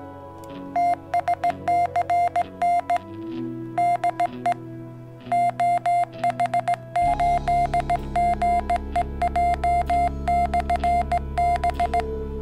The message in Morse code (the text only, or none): TSCN DE OH8GEJ/B